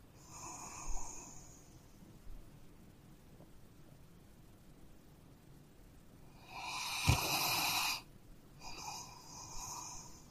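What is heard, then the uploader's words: A dog snores close by in slow, uneven breaths, each one a raspy, whistling rush of air. A faint breath near the start is followed by a quiet stretch, then a long, loud snore around seven seconds with a sharp snort in the middle and a softer breath after it. ASMR Dog Snoring.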